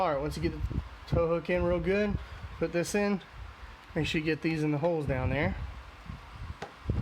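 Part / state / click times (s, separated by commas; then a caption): plastic tow hook bezel into truck front bumper opening / seated / 6.6 s. Someone talks while a plastic tow hook bezel is set into the front bumper opening of a 2019–2021 RAM truck, after the tow hook has been fitted, and its clips are pushed into the holes. A sharp click at 6.6 s marks the bezel clips seating into the bumper.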